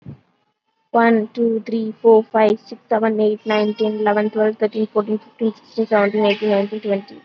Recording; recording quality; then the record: counting at a fast pace; excellent, no background noise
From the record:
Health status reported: COVID-19 positive, mild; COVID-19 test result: positive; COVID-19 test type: RT-PCR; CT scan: not taken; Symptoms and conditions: cough, cold, breathing difficulty, fever, fatigue, muscle pain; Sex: female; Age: 20 years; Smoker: no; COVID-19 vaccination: none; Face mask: worn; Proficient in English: yes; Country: India